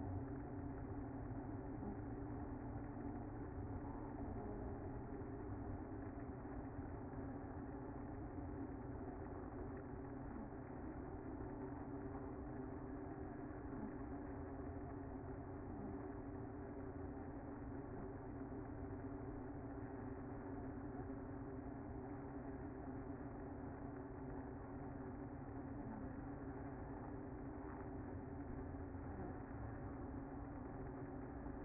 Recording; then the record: honeybee colony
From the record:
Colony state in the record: active